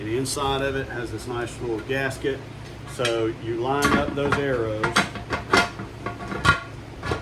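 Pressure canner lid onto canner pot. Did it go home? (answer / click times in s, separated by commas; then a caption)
no / none. Someone talks while lining up the arrow on a gasketed metal pressure canner lid with the arrow on the pot, then sets the lid down onto the canner. Metallic set-down knocks are heard around 5.5 s and 6.1 s. The lid has not yet been twisted, so nothing has locked or clicked yet.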